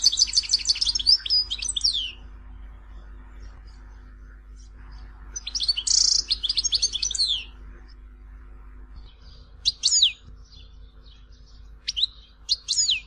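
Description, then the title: European goldfinch twittering in short bursts and single notes over a steady low hum. "Chant Chardonneret"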